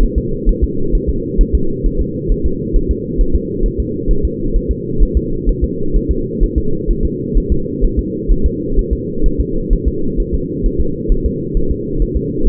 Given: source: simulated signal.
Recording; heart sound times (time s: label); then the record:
fetal heart sounds
0.03 s: S1
0.18 s: S2
0.49 s: S1
0.64 s: S2
0.95 s: S1
1.09 s: S2
1.41 s: S1
1.55 s: S2
1.86 s: S1
2.01 s: S2
2.31 s: S1
2.46 s: S2
2.76 s: S1
2.91 s: S2
3.21 s: S1
3.35 s: S2
3.66 s: S1
3.80 s: S2
4.11 s: S1
4.25 s: S2
4.56 s: S1
4.71 s: S2
5.03 s: S1
5.17 s: S2
5.49 s: S1
5.64 s: S2
5.96 s: S1
6.11 s: S2
6.43 s: S1
6.58 s: S2
6.91 s: S1
7.05 s: S2
7.38 s: S1
7.52 s: S2
7.84 s: S1
7.99 s: S2
8.31 s: S1
8.46 s: S2
8.79 s: S1
8.93 s: S2
9.26 s: S1
9.40 s: S2
9.73 s: S1
9.88 s: S2
10.20 s: S1
10.34 s: S2
10.66 s: S1
10.81 s: S2
11.12 s: S1
11.26 s: S2
11.57 s: S1
11.71 s: S2
12.02 s: S1
12.17 s: S2
12.47 s: S1
From the record:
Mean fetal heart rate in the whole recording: 130 bpm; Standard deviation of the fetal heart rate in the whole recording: 2 bpm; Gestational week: 38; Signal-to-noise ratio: -8.1 dB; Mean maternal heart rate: 72 bpm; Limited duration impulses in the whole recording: absent